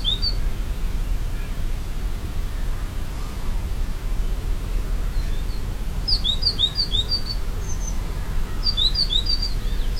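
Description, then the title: Bird calls: short bursts of high, quick chirping notes near the start and again twice in the last four seconds, with constant low background rumble. Recorded in a forest in Estonia. "来自爱沙尼亚丛林里的鸟叫"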